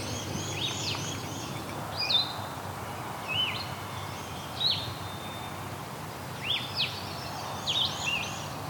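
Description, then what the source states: Blue-headed Vireo song: short sweet slurred phrases given every second or two with pauses, over steady background hiss. Wild bird heard in the field; song likened to the red-eyed vireo's but blurrier, like 'vireo' with a bit of sweetness.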